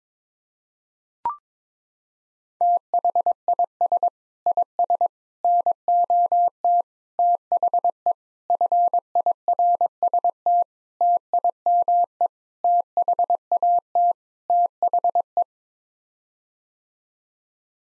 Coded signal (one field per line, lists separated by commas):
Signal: Morse code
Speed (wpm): 21 wpm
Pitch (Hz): 700 Hz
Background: none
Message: THIS IS NOT THE FIRST TIME THAT THE